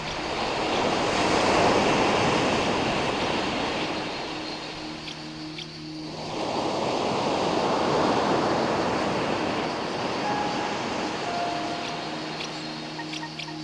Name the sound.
nature, birds, waves, bells and soundscapes